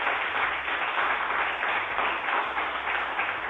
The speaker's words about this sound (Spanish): Y seguimos aquí en Latido Americano, son exactamente las 7 y 33 minutos y estamos aquí en Merlo 2860 con público presente. Vamos a hacerlos aplaudir para que la gente nos crea, por favor.